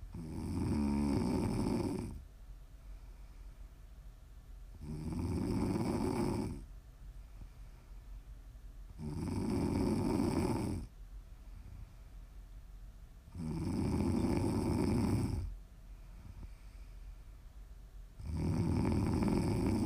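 An adult snores steadily in sleep, the snores recurring about every four seconds, roughly 14 to 15 breaths a minute. Each is a low, rattling sound lasting nearly two seconds, with quiet pauses between. This is ordinary sleep snoring.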